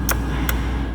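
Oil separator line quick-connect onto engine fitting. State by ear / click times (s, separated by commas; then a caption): seated / 0.5 s. A braided oil-separator line's quick-connect is pressed down onto its fitting on an S650 engine, giving a sharp click at 0.5 s as it locks and seats securely. A similar brief tick comes just before at about 0.1 s, over a steady low hum.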